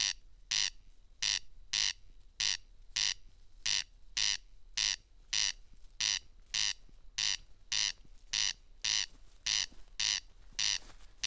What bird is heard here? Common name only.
Corn Crake